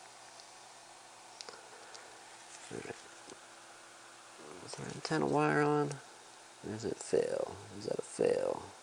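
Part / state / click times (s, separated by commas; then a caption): flex cable connector into phone logic board socket / not seated / none. During an iPhone board repair, a flex cable connector is handled over its socket on the phone's logic board while someone talks, with a few faint ticks near 0.4, 1.4, 1.5 and 3.3 seconds. Nothing has seated or clicked yet; the clip ends just before the connector goes home.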